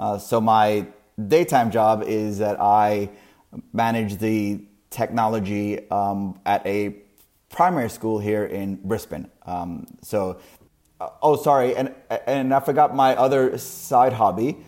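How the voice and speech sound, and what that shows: An adult man who stutters, living in Brisbane, speaks in short runs with frequent pauses, stretching word endings and repeating a small phrase ("at a… at a") before moving on. These prolongations and repetitions, without hard blocks, fit a mild, fairly fluent-sounding stutter; he still stutters on his own name.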